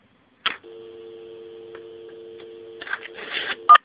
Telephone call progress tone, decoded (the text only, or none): dial tone